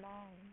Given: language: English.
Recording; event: throat vibration sensor signal played as sound; speech